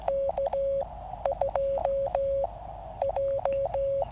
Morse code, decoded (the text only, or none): K2J